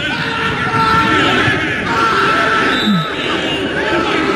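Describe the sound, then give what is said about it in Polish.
Footballer Lacazette lets out a loud, drawn-out scream during a penalty incident in a league match against Sean Dyche's team, rising over the steady roar of the stadium crowd, which holds at full level throughout. “Świetne wrzaski, maksymalny poziom, na wrzaskometrze zupełnie nowa jakość.”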